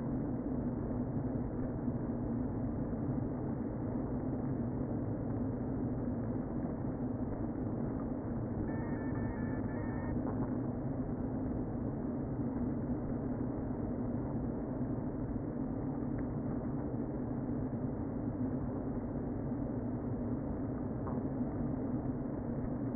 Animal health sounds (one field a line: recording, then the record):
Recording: honeybee colony, microphone inside the hive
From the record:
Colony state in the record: queen present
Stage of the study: before two queens were removed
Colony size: about 60,000 bees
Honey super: yes